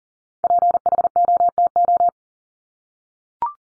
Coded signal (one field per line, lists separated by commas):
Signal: Morse code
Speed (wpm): 40 wpm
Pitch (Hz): 700 Hz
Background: none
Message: PHOTO